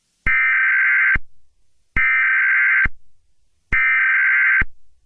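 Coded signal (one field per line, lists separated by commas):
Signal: Emergency Alert System (SAME) tones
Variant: header bursts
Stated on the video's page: Fictional EAS scenario.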